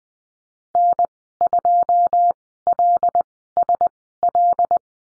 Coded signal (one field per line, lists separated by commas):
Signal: Morse code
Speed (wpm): 20 wpm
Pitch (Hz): 700 Hz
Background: none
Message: N2LSL